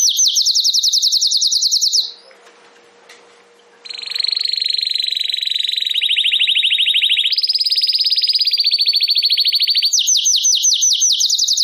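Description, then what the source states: Domestic canary song of rapid high trills, a brief quiet pause, then sustained rolling tours shifting in pitch and ending in quick repeated high notes. Belgian canary singing in the campainha song style.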